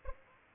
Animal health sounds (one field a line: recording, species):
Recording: mosquito wingbeat signal from an infrared sensor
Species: Aedes albopictus